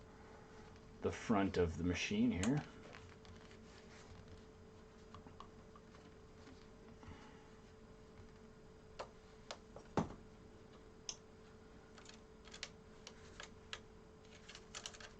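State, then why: Not seated. Someone talks briefly, then a 3D-printed adjustable twist-lock mount is handled and turned on the frame of an Ender 3 v2 3D printer after earlier failed tries, giving a series of small, sharp ticks. Nothing has locked into place yet.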